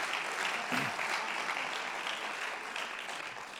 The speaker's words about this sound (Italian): Applaudite per bene, sì.